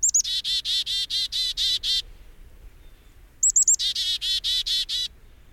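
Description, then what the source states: Black-capped Chickadee giving two chick-a-dee calls, each with high clear opening notes and a rapid run of buzzy dee notes, separated by a short pause. In winter, drinks water dripping from icicles.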